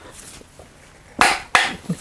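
A click-type torque wrench is pulled to 150 ft-lb on the bearing carrier retainer nut of a Bravo 3 sterndrive. After a quiet stretch, two sharp clicks ring out at 1.2 s and 1.6 s, followed by a softer knock near 1.9 s. The wrench clicks at its 150 ft-lb setting, confirming the nut is torqued.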